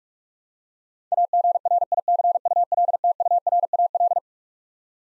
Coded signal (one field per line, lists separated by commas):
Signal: Morse code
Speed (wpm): 47 wpm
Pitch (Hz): 700 Hz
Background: none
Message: AGRICULTURAL